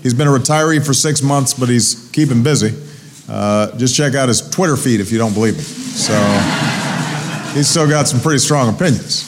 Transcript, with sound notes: He's been a retiree for six months, but he's keeping busy -- just check out his Twitter feed if you don't believe me. (Laughter.) So he's still got some pretty strong opinions.